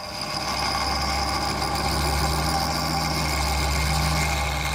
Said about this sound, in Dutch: Dit is een freesmachine waarbij we onderdelen zelf kunnen frezen en boren. Een hele secure machine waar je mee kan werken.